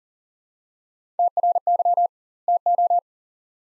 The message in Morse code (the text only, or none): TRY TO